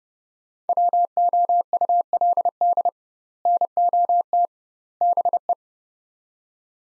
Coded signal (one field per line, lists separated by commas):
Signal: Morse code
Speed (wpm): 30 wpm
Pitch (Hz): 700 Hz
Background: none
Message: WOULD NOT BE